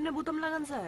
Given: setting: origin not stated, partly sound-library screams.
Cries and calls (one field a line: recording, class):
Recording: one-second piece from a danger detection set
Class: normal situation